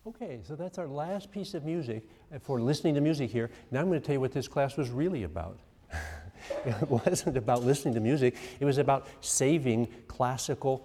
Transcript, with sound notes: So that’s our last piece of music for Listening to Music here. Now I’m going to tell you what this class was really about. [laughs] It wasn’t about listening to music. It was about saving classical